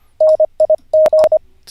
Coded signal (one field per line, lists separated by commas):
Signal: Morse code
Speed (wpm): 25 wpm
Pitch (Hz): 620 Hz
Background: radio noise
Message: NIG